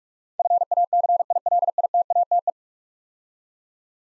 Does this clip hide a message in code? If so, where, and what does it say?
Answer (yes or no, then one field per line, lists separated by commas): yes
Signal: Morse code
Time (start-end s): 0.4-2.5 s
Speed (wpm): 44 wpm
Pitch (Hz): 700 Hz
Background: none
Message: FACILITATE